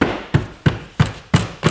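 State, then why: Not seated. A plastic trim panel on a Polo Mk5 (6R, 6C) is pressed and tapped down against the car body during a front shock replacement so its clips can snap into place. Six short, even tapping thuds land about every third of a second, at roughly 0.0, 0.3, 0.7, 1.0, 1.3 and 1.7 s. Nothing has seated or clicked yet.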